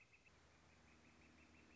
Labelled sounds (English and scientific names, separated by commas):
Northern Flicker (Colaptes auratus)